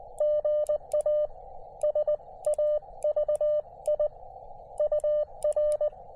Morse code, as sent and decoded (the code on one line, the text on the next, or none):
--. .- / ... .- ...- .. / ..- .-.
GA SAVI UR